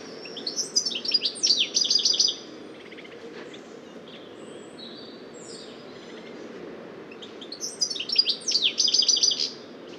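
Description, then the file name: European goldfinch giving high, rapid twittering bursts with quick trilled note runs, one burst near the start and another after a pause of about five seconds, over faint steady background hiss. "Putter Carduelis carduelis"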